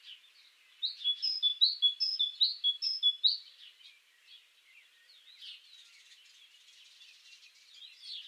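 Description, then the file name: Great tit singing a ringing series of paired notes, high note then lower note, for a few seconds, then quieter twittering and chirps in the background. "Parus major"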